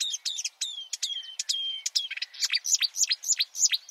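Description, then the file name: Marsh warbler song with clear drawn-out whistles at first, changing to fast, jumpy high notes that swoop down and up in quick succession. "suara-kicauan-burung-marsh-warbler -omkicau"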